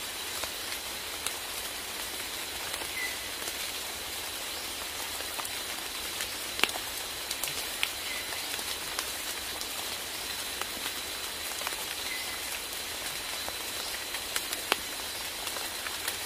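Rainforest sounds: steady rain hiss with scattered drips and taps every second or two, plus a faint low rumble underneath.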